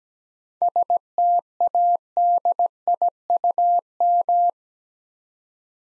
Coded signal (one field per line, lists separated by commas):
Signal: Morse code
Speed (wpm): 17 wpm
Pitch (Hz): 700 Hz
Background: none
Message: STADIUM